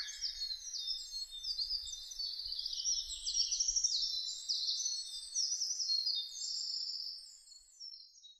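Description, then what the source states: Bird song: a continuous, dense, high-pitched twittering with fast chirps and slurred notes that fades out near the end, with faint low rumbling early on. Birdsong (saezuri) recorded on 1 May 2005.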